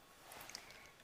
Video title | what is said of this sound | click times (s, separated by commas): Top 5 Best Vacuum Cleaner- Best vacuum cleaner buying guide | the back of the motorised floor brush and push down until you hear it click into place next | 0.5 s, 0.6 s